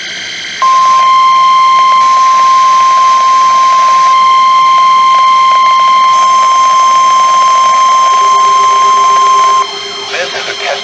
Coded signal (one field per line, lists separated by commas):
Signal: Emergency Alert System (SAME) tones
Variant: 1050 Hz attention tone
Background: speech